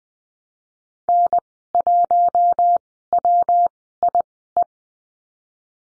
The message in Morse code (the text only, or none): N1WIE